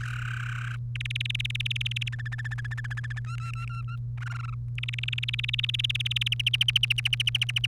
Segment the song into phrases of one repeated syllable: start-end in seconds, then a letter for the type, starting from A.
0.01-0.75 A, 0.95-2.08 B, 2.12-3.19 C, 3.25-3.96 D, 4.17-4.54 E, 4.78-6.28 B, 6.32-7.66 F